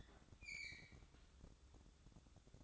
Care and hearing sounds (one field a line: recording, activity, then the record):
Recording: daily activity, microphone in the room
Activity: open fridge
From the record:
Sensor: 3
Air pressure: 1007.7 hPa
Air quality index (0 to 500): 75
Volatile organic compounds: 1 ppm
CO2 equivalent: 657 ppm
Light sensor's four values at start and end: 12/29/12/12 and 12/29/12/12